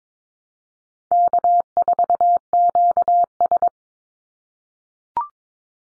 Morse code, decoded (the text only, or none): K4QS